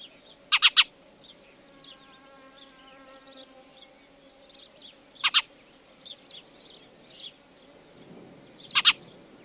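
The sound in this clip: Spanish sparrow giving sharp doubled chirps three times, spaced several seconds apart, with a chorus of faint high twitters and a steady humming buzz behind.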